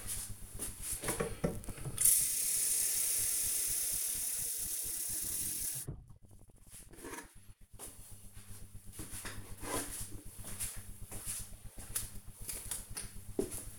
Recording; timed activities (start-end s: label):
household activities, microphone on the right wrist
0.00-13.79 s: watering plant